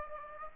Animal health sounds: mosquito wingbeat signal from an infrared sensor; Aedes aegypti

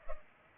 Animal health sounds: mosquito wingbeat signal from an infrared sensor; Culex pipiens

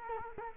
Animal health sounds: mosquito wingbeat signal from an infrared sensor; Culex quinquefasciatus

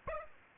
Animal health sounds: mosquito wingbeat signal from an infrared sensor; Aedes aegypti

